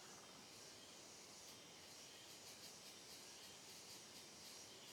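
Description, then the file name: Cicadas buzzing together in an unbroken high wash of sound, with small rhythmic surges in the upper pitch. Chorus of cicadas on a trail in dense, closed forest, with reverberating sound. "Coro de Cigarras em Trilha de Mata Fechada Reverberando"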